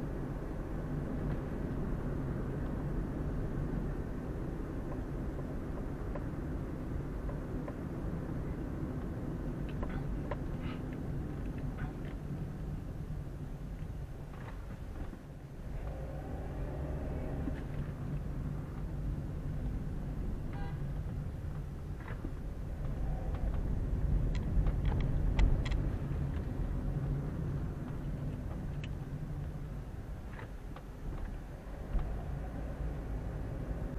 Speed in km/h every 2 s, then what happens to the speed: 34, 33, 32, 31, 29, 25, 16, 11, 17, 19, 15, 13, 18, 21, 17, 10, 15.
0-13 slows to 11. 15-17 speeds up to 19. 22-25 speeds up to 21. 27-29 brakes to 10.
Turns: none.